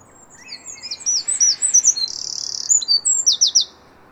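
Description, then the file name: Eurasian wren song: a jumble of quick high chirps and slurred notes, a brief steady buzzy tone, then a burst of fast ringing notes before it stops. "Troglodytes troglodytes"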